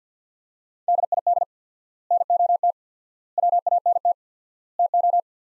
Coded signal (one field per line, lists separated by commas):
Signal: Morse code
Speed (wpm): 50 wpm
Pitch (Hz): 700 Hz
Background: none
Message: DID NOT WANT TO